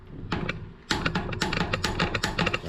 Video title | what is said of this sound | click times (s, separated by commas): Mountain Bike spoke replacement | right that was my wrench clicking | 0.9 s